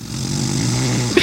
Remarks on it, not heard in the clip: Tape of you sleeping. That is real legitimate sawing wood.